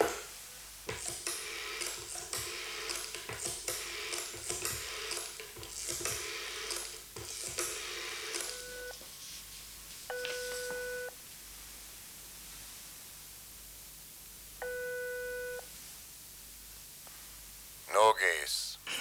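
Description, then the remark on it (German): A telephone in a dictation room is dialed at almost 23:30 at night with a run of clattering clicks and handling noise, then two steady, buzzy ring tones sound a few seconds apart before a brief rattle at the end. “Ich ging in den Diktierraum zum Telefon.”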